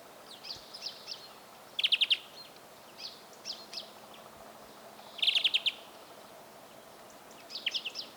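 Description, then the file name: European greenfinch calls: two loud bursts of quick ticking notes a few seconds apart, with quieter twittering throughout. "Chloris chloris"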